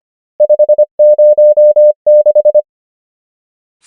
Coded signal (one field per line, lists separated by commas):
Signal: Morse code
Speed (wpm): 25 wpm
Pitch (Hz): 600 Hz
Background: none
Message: 5 0 6